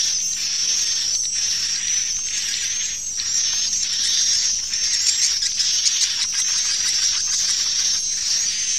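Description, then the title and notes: Swiftlet calls: a constant high whistled tone overlaid by rapid, irregular chirps and twitters. Swiftlet sound used in bird farming in Asia. "Swiflet Bird Sound. Farming Swiflet Bird asia sound"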